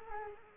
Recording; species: mosquito wingbeat signal from an infrared sensor; Culex quinquefasciatus